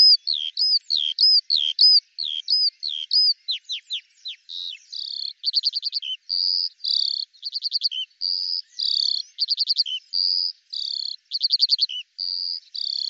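Eurasian skylark pouring out a continuous high song, first with slurred chirps and falling whistles, then alternating buzzy rattling trills and steady whistled notes without pause.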